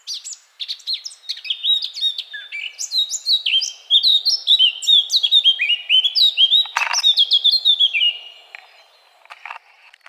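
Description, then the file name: Eurasian blackcap song: a fast run of varied warbled and whistled notes, many sliding downward, building into louder fluty phrases for about eight seconds before fading. "Sylvia atricapilla"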